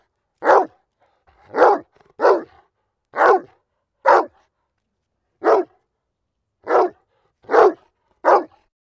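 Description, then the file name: Dog barking, nine sharp single barks at uneven intervals of roughly half a second to a second and a half, with silence between them. "Digiffects Sound Effects Library - Dog Barking"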